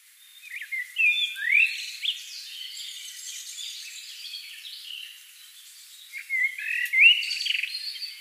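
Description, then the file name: Common blackbird giving two separate phrases, one early and one late, with quieter high sounds between them. "Turdus merula"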